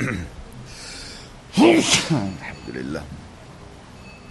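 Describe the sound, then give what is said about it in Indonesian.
A single loud, abrupt sneeze bursts out midway, sharp and breathy, with quieter talking murmuring before and after it, during an Islamic study class. “Alhamdulillah yarhamkallah bilang ya.”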